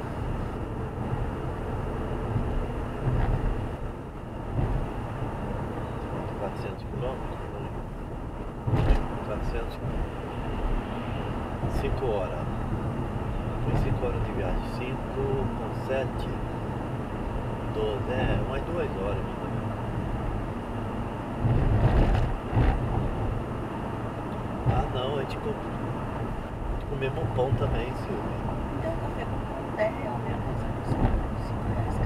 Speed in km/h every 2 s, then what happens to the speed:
92, 91, 90, 90, 91, 92, 92, 93, 96, 96, 98, 99, 98, 96, 94, 95.
0-13 steady at about 91. 13-21 speeds up to 99. 21-32 steady at about 96.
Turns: none.